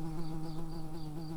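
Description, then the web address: Early bumblebee buzz: a steady, low droning hum with a constant pitch and faint rhythmic pulsing throughout. Worker bumblebees. "Pratorum workers"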